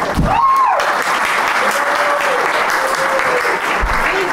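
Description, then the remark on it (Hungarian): A crowd bursts into sustained applause for a young man, dense steady clapping that stays loud throughout, with a few voices and cheers mixed in. “Tapsoljuk meg a fiatal ember.”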